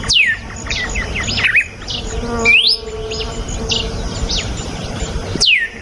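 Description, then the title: Red-cowled cardinal gives a few whistled swoops and a rising phrase among many quieter chirping birds and a faint tonal hum. Female; natural song. "Canto Galo Campina Fêmea. GALO DE CAMPINA CANTO NATURAL. galo de campina cantando. canto de galo de campina"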